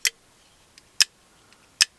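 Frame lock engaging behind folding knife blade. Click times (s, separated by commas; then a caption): 0.1 s, 1.0 s, 1.8 s. The blade of a titanium framelock folding knife is flicked open three times. The frame lock snaps into place with a sharp, bright click at 0.1, 1.0 and 1.8 seconds, with fainter ticks in between. It locks up solidly each time, with no play in any direction and no failure to engage.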